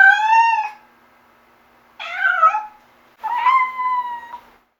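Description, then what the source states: Cat utters three loud, insistent meows with short pauses between them, the middle one rougher and wavering. Light distress cry.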